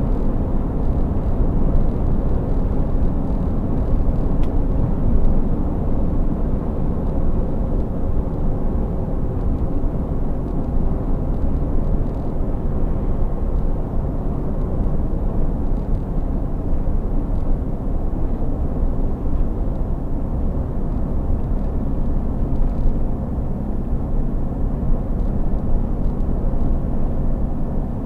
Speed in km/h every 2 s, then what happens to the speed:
98, 98, 98, 94, 90, 88, 87, 85, 81, 81, 79, 79, 81, 81.
4-15 slows to 81. 15-28 steady at about 81.